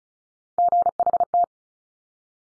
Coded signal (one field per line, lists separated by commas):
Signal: Morse code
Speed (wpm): 36 wpm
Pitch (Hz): 700 Hz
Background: none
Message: GHT